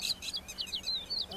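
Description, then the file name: Crested lark calls: a brisk series of short, bright whistled notes, each sliding down in pitch, given in quick succession. "Crested lark alok"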